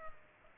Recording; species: mosquito wingbeat signal from an infrared sensor; Culex pipiens